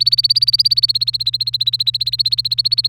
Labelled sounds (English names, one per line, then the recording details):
Domestic Canary song
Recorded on 1 May 2018 at 06:47
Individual llb3